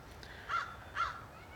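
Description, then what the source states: American crow uttering two short, soft notes about half a second apart, quiet against a low steady background rumble. Trio of crows; one giving whisper song with bill pointed down, often bowing, sometimes quivering tail in time with notes.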